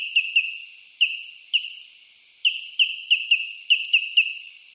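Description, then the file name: Bird calling with clipped, sharp notes on one steady pitch, given singly, in pairs and then in a quick run. Australian bird. "BIRD AUS BIRD 06 CALL 01"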